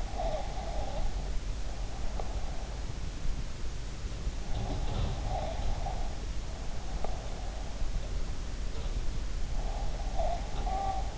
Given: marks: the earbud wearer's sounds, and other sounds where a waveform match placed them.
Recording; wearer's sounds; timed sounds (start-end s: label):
sounds in sleep by an in-ear microphone; breath
0.00-1.23 s: breath
4.53-5.95 s: breath
9.63-11.18 s: breath